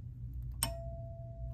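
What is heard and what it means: Sewing thread is brought back down into the same thread guide on a Juki sewing machine (TL-2010/TL-18/TL-2000) and clicks into it a second time. A single sharp click sounds at 0.6 s, followed by a faint steady tone over low background noise. The thread is seated in the guide.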